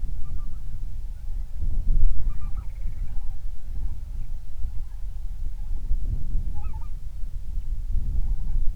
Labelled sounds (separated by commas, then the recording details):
waterfowl, wind
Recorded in the Prudhoe Bay oil fields, Alaska, on 31 July 2019 at 07:53
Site 24